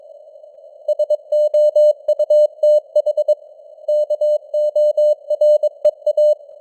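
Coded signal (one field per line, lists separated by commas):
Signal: Morse code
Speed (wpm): 22 wpm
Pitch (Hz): 600 Hz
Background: none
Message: SOUTH KOREA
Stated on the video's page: News headlines in Morse at 22 wpm, with simulated radio noise and varying signal strength (QSB).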